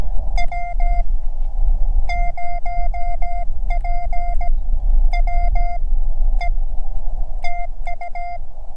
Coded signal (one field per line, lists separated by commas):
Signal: Morse code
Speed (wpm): 17 wpm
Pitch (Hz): 700 Hz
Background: none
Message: W0PWE TU